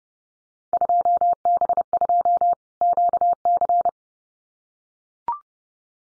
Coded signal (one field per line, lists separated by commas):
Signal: Morse code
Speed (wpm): 30 wpm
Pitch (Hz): 700 Hz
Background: none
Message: 2B2 QC